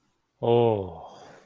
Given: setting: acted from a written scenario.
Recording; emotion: vocal sound without words; neutral